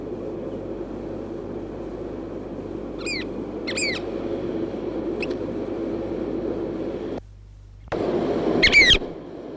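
Chatham Island oystercatcher giving a few shrill piping notes spaced a second or two apart, then a louder call at the end, over low steady noise.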